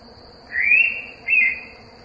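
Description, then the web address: Indian pitta's two-note whistle: a drawn-out rising note followed by a brief falling note, with a constant high-pitched tone in the background. "birds Indian Pitta indianpitta"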